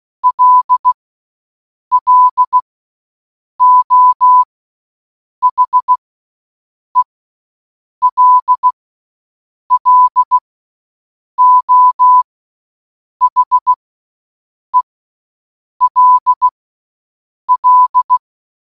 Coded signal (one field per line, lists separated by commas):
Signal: Morse code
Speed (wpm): 16 wpm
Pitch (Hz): 1000 Hz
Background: none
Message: LLO HELLO HELL